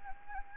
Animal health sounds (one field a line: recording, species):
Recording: mosquito wingbeat signal from an infrared sensor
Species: Anopheles gambiae